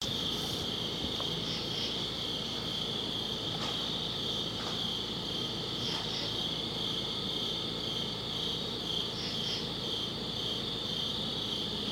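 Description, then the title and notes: Crickets chirping in a dense, continuous high trill, with a few louder chirps standing out. Crickets outdoors on a summit at dusk. "Ext. Summit Crickets, Dusk by Bandeto"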